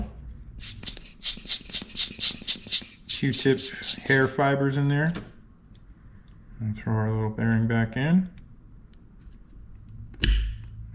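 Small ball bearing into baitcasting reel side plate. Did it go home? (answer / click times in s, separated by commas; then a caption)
yes / 10.2 s. Someone talks while a small ball bearing is dropped back into its seat in the side plate of a Daiwa Tatula SV TW baitcasting reel and pressed home, after a run of short rubbing strokes at the start. At 10.2 s there is one sharp, loud click as the bearing snaps into place and is seated.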